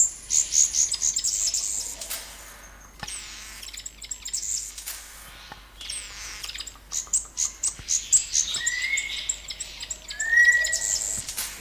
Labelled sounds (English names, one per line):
Black-winged Red Bishop